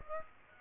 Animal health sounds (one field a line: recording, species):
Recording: mosquito wingbeat signal from an infrared sensor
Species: Aedes aegypti